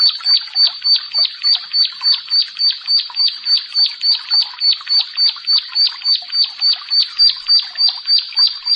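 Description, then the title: Bar-winged prinia repeating sharp, high chirps in a very regular rhythm, roughly three or four per second, for the whole stretch. "Ciblek Sawah 1"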